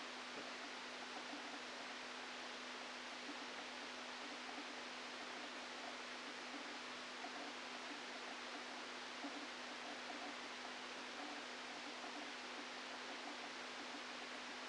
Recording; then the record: brain microelectrode recording played as sound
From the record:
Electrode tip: outside the subthalamic nucleus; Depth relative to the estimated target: 3 mm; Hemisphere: left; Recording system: NeuroSet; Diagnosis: Parkinson's disease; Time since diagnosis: 13 years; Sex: male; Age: 49 years